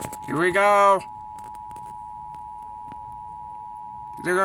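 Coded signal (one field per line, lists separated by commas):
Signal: Emergency Alert System (SAME) tones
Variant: 853 and 960 Hz attention tone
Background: speech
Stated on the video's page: Required monthly EAS tests.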